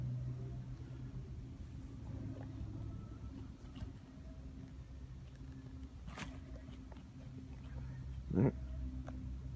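A plastic drip-irrigation hose is pushed over the barb of a fitting until it locks, with a sharp click at 9.1 s as it seats all the way in. Low hum and scattered faint ticks run underneath, and someone talks.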